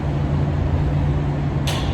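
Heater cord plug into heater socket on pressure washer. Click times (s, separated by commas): 1.7 s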